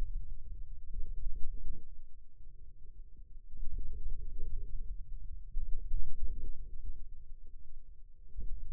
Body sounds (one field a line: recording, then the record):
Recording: forearm muscle sounds (acoustic myography)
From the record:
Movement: hand opening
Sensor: system 2, bracelet of six BSWA MPA416 microphones around the upper forearm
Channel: 2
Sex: male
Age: 22 years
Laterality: right